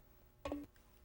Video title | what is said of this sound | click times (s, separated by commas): Cuisinart How-To DVD(part 1) | then just turn it counterclockwise until it stops you'll feel it click into place | 0.5 s